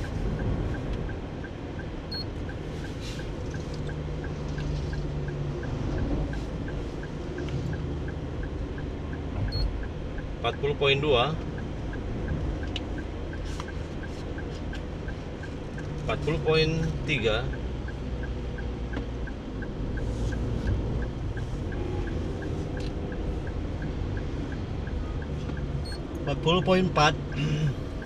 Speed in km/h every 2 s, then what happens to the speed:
46, 45, 42, 42, 41, 41, 40, 37, 36, 36, 35, 35, 33, 33.
0-28 slows to 33.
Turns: none.